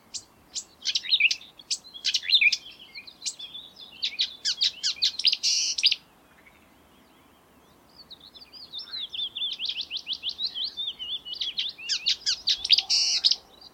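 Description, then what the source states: Marsh warbler singing two long bursts of rapid, varied chattering notes, separated by a short pause. Song, recorded in May 2020.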